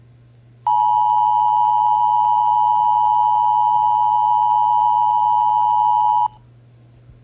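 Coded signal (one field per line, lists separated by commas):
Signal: Emergency Alert System (SAME) tones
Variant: 853 and 960 Hz attention tone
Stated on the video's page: Simulated EAS scenario, not a real alert.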